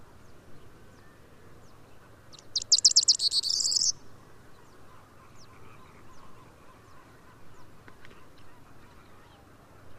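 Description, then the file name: Corn bunting song: a short jangling burst of quick ticking notes running into a dry, fizzing rattle, heard once over a quiet background with faint low hum. "Mathias Ritschard - Prosyanka Emberiza calandra"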